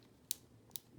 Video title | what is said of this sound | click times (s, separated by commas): Educ Video 2301 02 | depress it and it will click | 0.3 s, 0.8 s